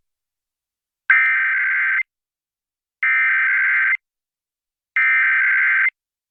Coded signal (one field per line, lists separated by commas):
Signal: Emergency Alert System (SAME) tones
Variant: header bursts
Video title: EAS- San Diego County Required Monthly Test (RMT) on KHTS-FM (7/5/2023)